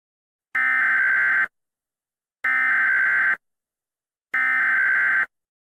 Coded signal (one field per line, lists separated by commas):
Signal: Emergency Alert System (SAME) tones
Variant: header bursts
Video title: TMYKs EAS Scenario Nuclear Attack Live and Uncut 2019 (REUPLOAD)